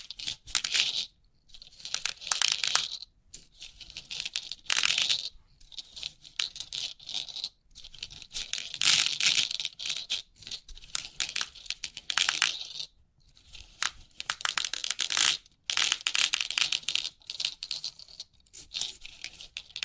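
Crisp 3D pin art tingles: dense, bright clicking and rattling in irregular bursts, broken by brief silences every few seconds throughout.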